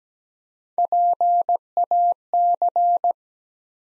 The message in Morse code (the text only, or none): PAC